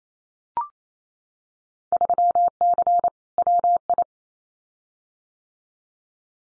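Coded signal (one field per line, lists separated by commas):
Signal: Morse code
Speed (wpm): 28 wpm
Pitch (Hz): 700 Hz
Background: none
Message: 3C WI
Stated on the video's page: Field Day exchange head-copy drill at 28wpm with equally probable exchanges, each sent in Morse, spoken, then sent again.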